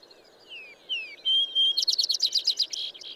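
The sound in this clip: Songbird phrase: soft slurred whistles rising in strength to a clear sustained note, then a rapid series of loud buzzy trilled notes.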